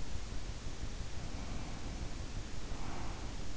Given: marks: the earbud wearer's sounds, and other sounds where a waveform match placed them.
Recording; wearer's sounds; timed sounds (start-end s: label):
sounds in sleep by an in-ear microphone; breath
1.20-3.45 s: breath